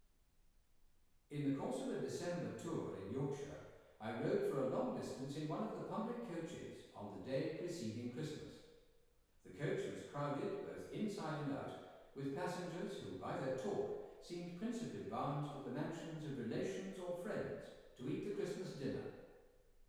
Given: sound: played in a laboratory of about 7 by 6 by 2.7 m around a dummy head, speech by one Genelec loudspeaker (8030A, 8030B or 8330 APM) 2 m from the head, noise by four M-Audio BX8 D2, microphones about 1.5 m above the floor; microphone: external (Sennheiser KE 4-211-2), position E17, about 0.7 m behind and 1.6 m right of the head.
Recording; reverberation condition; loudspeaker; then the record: male speech in English; high; 30 degrees to the right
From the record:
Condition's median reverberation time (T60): about 1300 ms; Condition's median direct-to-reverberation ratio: about -4.0 dB